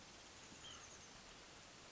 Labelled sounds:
White-breasted Nuthatch (Sitta carolinensis)
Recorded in Sonoma County, California

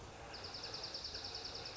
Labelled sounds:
Dark-eyed Junco (Junco hyemalis)
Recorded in Sonoma County, California

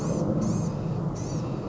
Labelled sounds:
Blue-gray Gnatcatcher (Polioptila caerulea)
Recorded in Sonoma County, California

